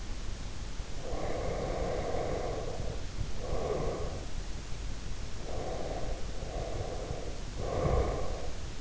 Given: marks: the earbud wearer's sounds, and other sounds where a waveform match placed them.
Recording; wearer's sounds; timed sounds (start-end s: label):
sounds in sleep by an in-ear microphone; breath, snoring breath
1.15-4.33 s: breath
5.63-8.81 s: snoring breath